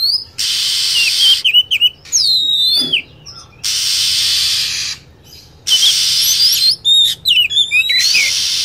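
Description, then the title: Lovebird calling, with dense buzzy screeching bursts of one to two seconds broken by quick bright whistles. Lure sound for attracting lovebirds. "PIKAT BURUNG LOVEBIRD"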